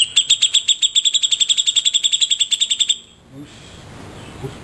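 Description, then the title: Grey-cheeked bulbul song: a dense three-second string of rapid, ringing high notes that stops abruptly, leaving faint background noise. Song used to train cage birds. "Cucak Jenggot Masteran Durasi Panjang"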